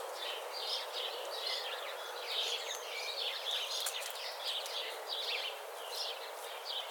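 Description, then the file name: House sparrow chirping calls, a dense, constant chatter of short bright chirps, overlapping without pause throughout. "Passer domesticus"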